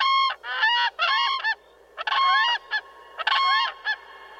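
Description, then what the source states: Whooping Crane calling: loud, clear, harmonic trumpeting notes in irregular bursts separated by short pauses. Whooping call that gave the species its name; by the 1940s illegal hunting and egg collecting had left just 15 birds in the wild.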